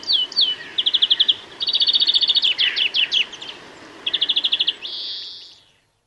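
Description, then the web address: European greenfinch singing fast rattling trills and descending chirps, then a drawn-out wheezy buzz that fades away. "bbc Bird Song Site Greenfinch - Verdier"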